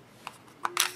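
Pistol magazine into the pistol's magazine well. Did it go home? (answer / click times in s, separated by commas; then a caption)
no / none. A .22 Ruger 22/45 pistol magazine with the factory base plate is pressed by hand into the pistol's magazine well a second time. Sharp handling and pressing knocks sound at about 0.3 s, 0.7 s and 0.8 s. The magazine has not seated or latched, and no latch click is heard.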